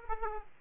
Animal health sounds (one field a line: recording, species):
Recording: mosquito wingbeat signal from an infrared sensor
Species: Aedes aegypti